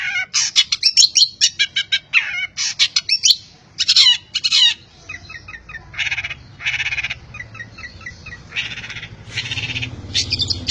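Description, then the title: Long-tailed shrike song, loud chattering bursts of harsh notes and squeals, later softer repeated buzzy phrases and chips over a faint low rumble. Competition champion bird. "Kicau Burung Cendet Juara"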